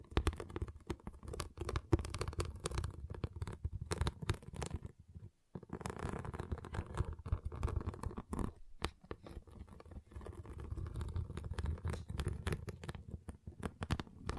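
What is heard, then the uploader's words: Small plastic pixel-art beads are handled and shifted, making a dense, irregular stream of tiny clicks and rattles over a low, soft rumble. The sound stops briefly just after five seconds and dips again near eight and a half, then the busy clatter resumes. ASMR Relaxing Pixel Art Beads ( No Talking).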